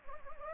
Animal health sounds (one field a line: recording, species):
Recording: mosquito wingbeat signal from an infrared sensor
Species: Anopheles gambiae